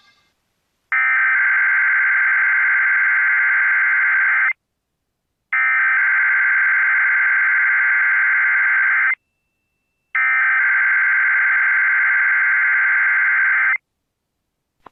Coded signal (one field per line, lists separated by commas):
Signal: Emergency Alert System (SAME) tones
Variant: header bursts